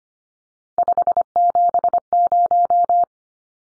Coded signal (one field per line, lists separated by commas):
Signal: Morse code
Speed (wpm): 25 wpm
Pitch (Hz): 700 Hz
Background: none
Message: 570